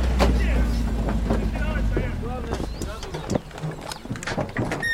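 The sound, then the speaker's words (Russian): A column of two vehicles approaches a river bend with a low, steady engine rumble for about two seconds, then the engines cut out as they stop by a bridge in warm, sunny weather, leaving scattered clicks, wind noise and voices talking. “Колонна из двух машин подъезжает к живописному изгибу реки. Останавливается у моста.”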